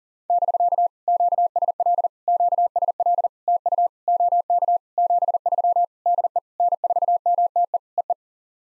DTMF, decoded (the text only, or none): none